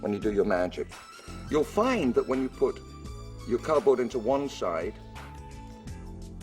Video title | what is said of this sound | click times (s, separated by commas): ASTOUNDING DL Video | you'll hear it didn't click what that means is using your fingers you can actually move | none